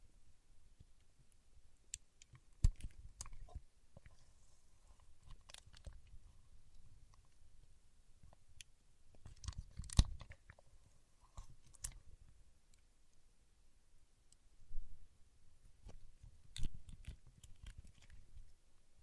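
Paraffin wax being peeled, tapped and scratched, with sharp clicks and cracks scattered irregularly through the clip, strongest near 2.5 and 10 seconds. Between them runs a soft, low crackling and rustling, with a few denser bursts around 15 and 17 seconds.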